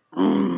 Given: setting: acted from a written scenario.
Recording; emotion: vocal sound without words; anger